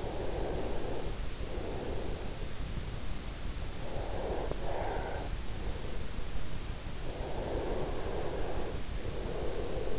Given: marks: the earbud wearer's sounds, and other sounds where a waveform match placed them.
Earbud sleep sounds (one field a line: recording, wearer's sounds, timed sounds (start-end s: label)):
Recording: sounds in sleep by an in-ear microphone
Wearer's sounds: breath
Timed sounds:
0.00-2.99 s: breath
3.99-5.99 s: breath
6.99-9.99 s: breath